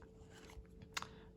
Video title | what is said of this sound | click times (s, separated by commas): THIS HITS THE MARK! The Soul Built Marksmith Review | and then locked into place and there's your pen | 1.0 s